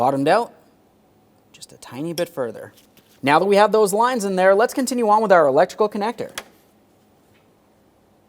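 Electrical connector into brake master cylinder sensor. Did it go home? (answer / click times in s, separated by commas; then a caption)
no / none. Someone talks while the electrical connector for the brake master cylinder sensor on a 2004-2008 Ford F-150 5.4L V8 is picked up and moved into position, with only faint handling noises between the speech and no impacts. The connector has not yet been pressed in, and nothing has seated or clicked yet.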